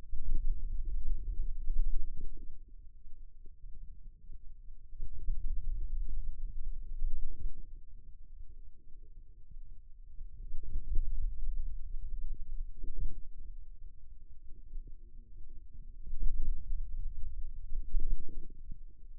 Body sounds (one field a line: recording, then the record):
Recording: forearm muscle sounds (acoustic myography)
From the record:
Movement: pen grasping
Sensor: system 2, bracelet of six BSWA MPA416 microphones around the upper forearm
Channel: 5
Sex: male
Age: 22 years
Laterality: right